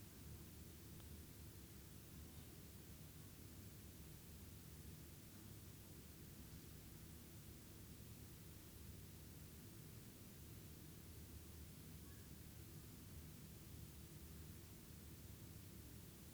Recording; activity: daily activity, guitar pickup as the sensor; lie down